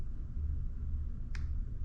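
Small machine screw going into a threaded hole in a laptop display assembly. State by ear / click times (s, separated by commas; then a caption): seated / 1.4 s. A tiny machine screw going into a threaded hole in an A2289 laptop display assembly is turned backwards, as if loosening it, over a steady low rumble. A short, sharp click at 1.4 s marks the screw's thread dropping into the mating thread, showing it is threaded correctly and ready to be screwed in.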